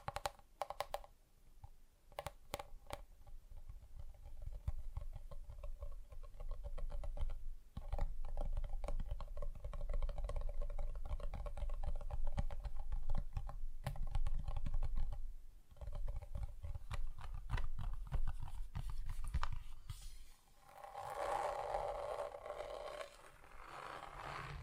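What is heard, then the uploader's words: Tapping on different surfaces, with no talking: quick, irregular taps and clicks run almost continuously, with a low thudding rumble under them. Brief pauses come near 8 and 15 seconds, and after about 20 seconds the sound turns brighter and scratchier. ASMR Just Tapping (Different Surfaces No Talking).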